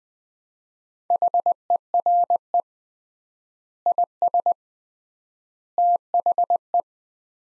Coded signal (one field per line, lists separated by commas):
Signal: Morse code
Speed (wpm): 20 wpm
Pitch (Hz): 700 Hz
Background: none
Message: HERE IS THE